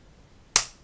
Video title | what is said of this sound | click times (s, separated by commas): [Review] Ballistic Every1 Kit for iPhone 5 | all the way you just have to pull it back until it snaps into place | 0.6 s